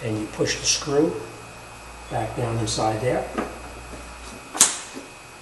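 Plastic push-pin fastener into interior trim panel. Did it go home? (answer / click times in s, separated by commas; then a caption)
yes / 4.6 s. Someone talks while a second plastic push-pin fastener is pushed down into the passenger-side interior trim panel of a Mustang. A sharp snap at 4.6 s marks the pin seating in place, just like the first one.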